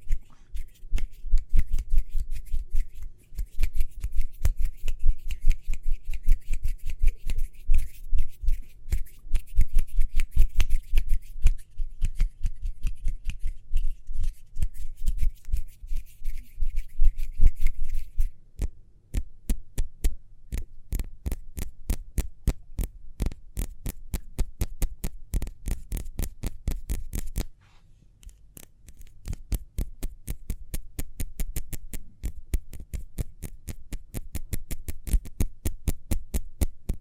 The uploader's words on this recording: ASMR Speedy Hand Sounds (No Talking).